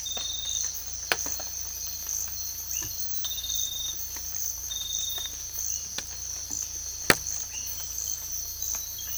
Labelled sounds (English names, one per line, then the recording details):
none
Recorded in dense forest near Puerto Asís, Putumayo, Colombia, on 18 December 2024 at 05:00
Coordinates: 0.484, -76.317
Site G026